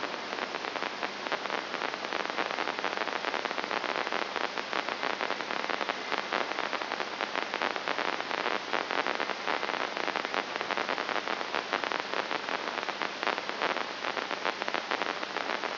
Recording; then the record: brain microelectrode recording played as sound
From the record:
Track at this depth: inside the subthalamic nucleus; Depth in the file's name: 1.704 mm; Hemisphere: left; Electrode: 2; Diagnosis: Parkinson's disease